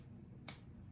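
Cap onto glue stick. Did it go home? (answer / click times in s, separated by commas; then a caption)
yes / 0.5 s. A plastic cap is pushed back onto a glue stick and clicks on at 0.5 s, a short, bright snap that stands out over a low, steady background hum. The cap is seated.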